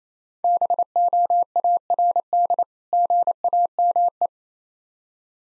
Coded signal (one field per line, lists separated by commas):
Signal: Morse code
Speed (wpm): 27 wpm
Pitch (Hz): 700 Hz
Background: none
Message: BOARD GAME